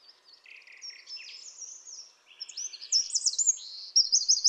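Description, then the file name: Eurasian wren song: a rapid, high run of trills and chattering notes that grows louder and rises higher toward the end. "Troglodytes troglodytes"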